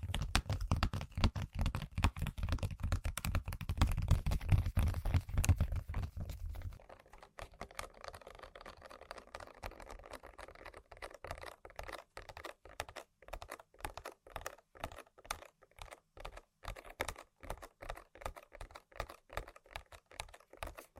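Tapping and scratching on objects, with quick, dense clicks like typing on a keyboard. For the first seven seconds a low rumble sits under the taps. After that the clicks carry on alone, lighter and in short, fairly regular bursts.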